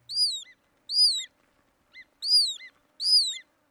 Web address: BIRD NOTE. Hudsonian Godwit